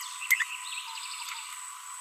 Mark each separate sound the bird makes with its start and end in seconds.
0.31-0.35, 0.40-0.43